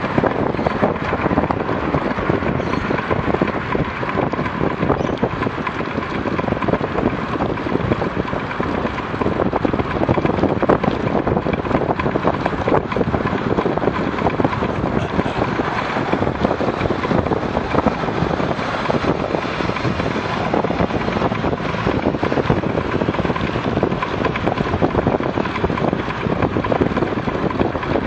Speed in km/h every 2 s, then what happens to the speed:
33, 32, 33, 34, 32, 30, 36, 33, 36, 36, 34, 37, 34, 34.
0-22 steady at about 33.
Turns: none.